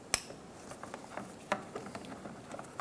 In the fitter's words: push until you hear a click